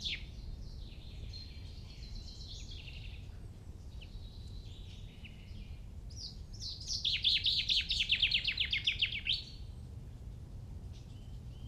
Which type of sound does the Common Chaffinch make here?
song